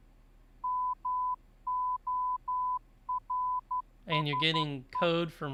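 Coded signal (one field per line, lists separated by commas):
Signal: Morse code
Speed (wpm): 11 wpm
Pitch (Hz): 1000 Hz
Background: speech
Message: MORSE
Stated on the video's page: Morse code learning session, livestreamed, day 10.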